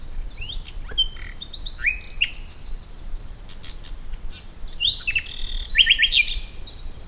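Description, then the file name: Common nightingale song of varied slurred whistles, sharp rising notes and brief buzzy bursts, ending in a quick series of bright rising chips. "Luscinia megarhynchos"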